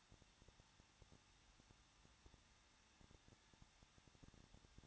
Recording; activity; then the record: daily activity, microphone in the room; no activity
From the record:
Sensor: 3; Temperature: 21.2 degrees Celsius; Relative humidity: 36.3%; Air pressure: 1006.4 hPa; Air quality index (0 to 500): 221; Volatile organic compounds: 40 ppm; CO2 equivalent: 3147 ppm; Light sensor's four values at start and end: 2/3/2/2 and 2/3/2/2